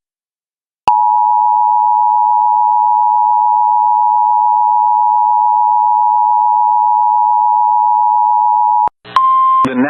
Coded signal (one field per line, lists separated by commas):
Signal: Emergency Alert System (SAME) tones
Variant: 853 and 960 Hz attention tone